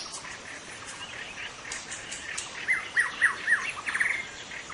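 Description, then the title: White-rumped shama: a quick string of sharp, clipped whistles in the second half after a hissy, quieter start. Wild forest-dwelling white-rumped shama, called murai batu hutan in Indonesian. "Suara burung murai batu hutan"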